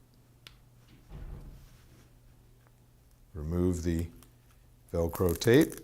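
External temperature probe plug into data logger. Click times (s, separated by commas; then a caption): 0.5 s. An external temperature probe plug is pushed into the socket of a data logger, and a sharp, short click at 0.5 s shows the connector has seated. Faint handling noise follows, then someone talks.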